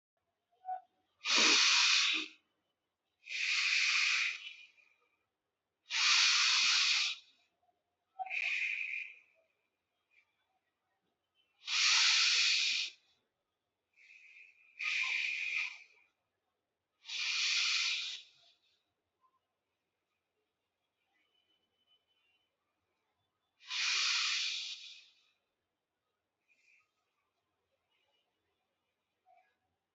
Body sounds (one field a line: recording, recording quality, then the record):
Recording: deep breathing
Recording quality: excellent, no background noise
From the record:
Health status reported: exposed to COVID-19, no respiratory illness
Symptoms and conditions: cough, cold, sore throat, loss of smell and taste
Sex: male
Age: 19 years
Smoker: not ticked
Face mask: not worn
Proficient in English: yes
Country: India